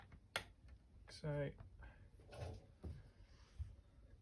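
While reassembling a Barr & Stroud infantry optical rangefinder, the metal working head is put back and twisted onto the rangefinder body. A single sharp tick-like click at 0.4 s shows it clicking into place and seating, and someone talks afterward.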